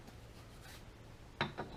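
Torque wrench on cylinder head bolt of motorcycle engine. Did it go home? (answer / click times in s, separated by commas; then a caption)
yes / 1.4 s. A click-type torque wrench is used on a cylinder head bolt of a vintage Beta Synt trial bike engine. Quiet rubbing and ratcheting lead up to one sharp click at 1.4 s, followed by a softer knock at about 1.6 s. The wrench clicks as it reaches its set torque.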